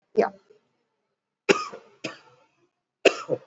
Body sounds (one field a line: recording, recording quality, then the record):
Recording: heavy voluntary cough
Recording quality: moderate, slight background noise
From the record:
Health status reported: exposed to COVID-19, no respiratory illness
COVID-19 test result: not tested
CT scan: not taken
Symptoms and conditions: cough, cold, fever, fatigue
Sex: male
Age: 30 years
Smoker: no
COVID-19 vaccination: both doses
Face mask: worn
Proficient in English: yes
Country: India